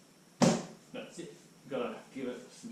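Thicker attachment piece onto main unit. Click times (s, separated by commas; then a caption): 0.4 s. The thicker attachment piece, with its three lines matched up, is pressed firmly onto the main unit and locks into place with a sharp click at 0.4 s. Someone talks afterward.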